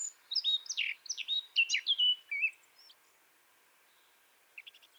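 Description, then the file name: Eurasian blackcap giving a brisk phrase of sweet, varied warbling notes for about two and a half seconds, then near silence with a few faint high notes at the end. "Sylvia atricapilla"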